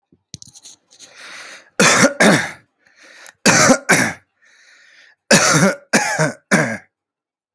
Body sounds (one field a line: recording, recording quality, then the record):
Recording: heavy voluntary cough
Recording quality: excellent, no background noise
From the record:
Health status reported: healthy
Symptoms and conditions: none ticked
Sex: male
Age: 29 years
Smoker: yes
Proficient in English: yes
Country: India